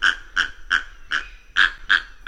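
Heron giving a series of harsh, nasal croaking calls, the later ones louder.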